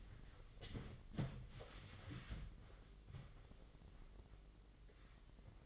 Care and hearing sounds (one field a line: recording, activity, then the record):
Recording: daily activity, microphone in the room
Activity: wipe stove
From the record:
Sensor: 4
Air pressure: 996.9 hPa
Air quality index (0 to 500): 91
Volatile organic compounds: 5 ppm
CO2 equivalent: 1780 ppm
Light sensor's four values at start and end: 17/48/18/19 and 17/48/18/19